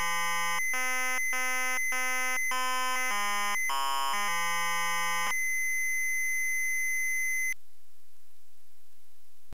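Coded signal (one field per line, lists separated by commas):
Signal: ZX Spectrum tape loading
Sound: harsh buzzy square-wave notes forming a march-like tune, then a held buzzing tone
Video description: ZX Spectrum (British 8-bit computer) plays famous tune from Star Wars known as "The Imperial March" or "Darth Vader's Theme" while loading piece of prepared data from cassette player.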